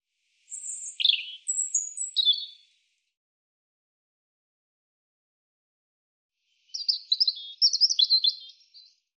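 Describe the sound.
European robin singing two separate phrases of high, thin, slurred whistles and rapid twittering notes, with several seconds of quiet between them.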